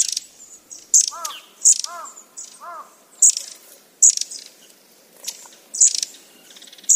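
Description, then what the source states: Long-tailed tit giving high, thin, clipped notes and buzzy bursts repeatedly, while a different bird utters three lower, harsh, arching calls near the start. Recorded at Uchiurayama Prefectural Forest, Kamogawa, Chiba Prefecture, Japan.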